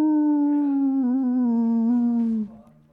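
A voice imitates a wolf howl: one long, steady, mid-pitched wail with a slight wobble, sliding gently downward for about two and a half seconds before breaking off.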